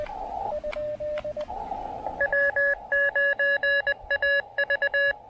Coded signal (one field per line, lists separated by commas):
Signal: Morse code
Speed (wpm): 20 wpm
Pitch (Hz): 1700 Hz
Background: radio noise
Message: W9AV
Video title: Side trail POTA ATNO at Boisé des Compagnons-de-Cartier in Québec City